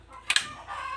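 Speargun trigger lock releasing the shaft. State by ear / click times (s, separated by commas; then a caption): released / 0.3 s. A homemade speargun's trigger lock releases the shaft, giving a sharp click at 0.3 s, followed quickly by a second sharp snap at 0.36 s and then a low, steady hiss. The lock has come off and released.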